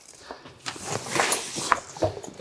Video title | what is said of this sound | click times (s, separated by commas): How To Set Up Your Rockwood Tent Camper | This one's a little bit easier, so you don't need to have as much pressure there. And that snaps right in. | 1.7 s